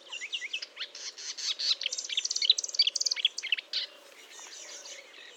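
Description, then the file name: Marsh warbler singing a quick, scratchy medley of high buzzes and chirps for about four seconds, then softer notes. Fontaine-Française, France, 1 June 2022, 10:55; recorded with a Nagra recorder and Telinga parabolic microphone. "Rousserolle verderolle 1055 Fontaine-Francaise-Fourneau"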